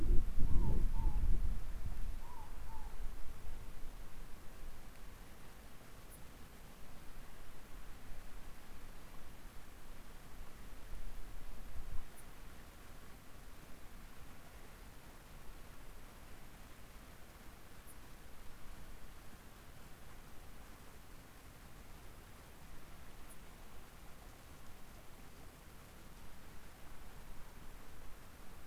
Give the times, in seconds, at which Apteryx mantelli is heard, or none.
none